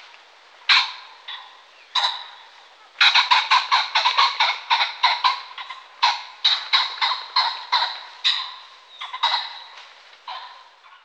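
Pheasant cackling: two single harsh notes, then a fast run of loud rasping calls that slows and fades over several seconds.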